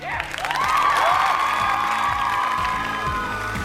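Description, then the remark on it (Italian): A crowd applauds and cheers for the directors and technicians, steadily, with whoops and shouting voices rising over the clapping throughout, the noise staying loud and dense from start to finish. “Tra l'altro quello smargiasso di Calmero Lauricella ha fatto l'applauso solo per i registi, i tecnici, ma mica per tutto il personale che lavora in redazione.”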